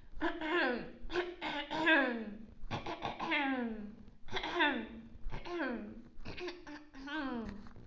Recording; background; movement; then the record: throat clearing; quiet; sitting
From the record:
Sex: female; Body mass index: 18.3 kg/m2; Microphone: on the chest, facing outward